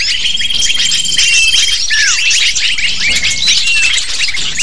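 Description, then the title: Lovebirds calling in a busy chorus of rapid high chirps, with a few clear falling slurred notes standing out. Calls used to lure lovebirds. "PIKAT BURUNG LOVEBIRD"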